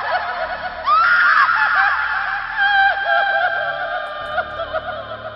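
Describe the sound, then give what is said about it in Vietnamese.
Eerie, ghostly wailing and crying from an ancient Tang-dynasty corpse: several warbling, high-pitched moans swoop and waver up and down, overlapping into a sustained, sobbing chorus after a softer, lower opening wail. “Lúc này là nghe cái xác cổ đời đường kia phát ra một tràng tiếng khóc gào.”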